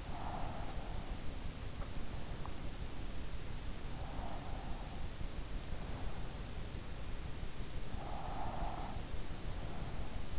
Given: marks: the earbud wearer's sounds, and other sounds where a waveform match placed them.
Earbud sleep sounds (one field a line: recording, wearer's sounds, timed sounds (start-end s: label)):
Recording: sounds in sleep by an in-ear microphone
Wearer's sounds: breath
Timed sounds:
0.00-1.58 s: breath
7.62-10.39 s: breath